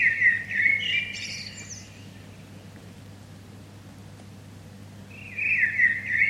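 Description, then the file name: Common blackbird giving a short mellow warble with a high scratchy ending, then silence, then another fluty whistled phrase near the end; faint low hum throughout. "Turdus merula"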